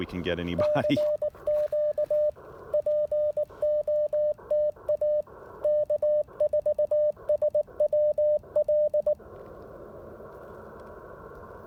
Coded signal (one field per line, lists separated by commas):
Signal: Morse code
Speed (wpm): 19 wpm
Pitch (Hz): 600 Hz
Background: speech, radio noise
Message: CQ POTA K4SWL